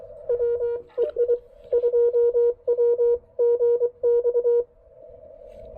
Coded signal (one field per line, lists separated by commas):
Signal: Morse code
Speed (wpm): 23 wpm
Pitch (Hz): 480 Hz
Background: none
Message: WEI 2WGX